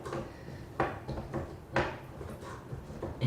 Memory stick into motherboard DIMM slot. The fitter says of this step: until it clicks into place